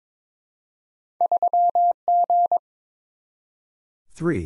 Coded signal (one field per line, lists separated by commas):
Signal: Morse code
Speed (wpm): 22 wpm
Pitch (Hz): 700 Hz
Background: none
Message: 3G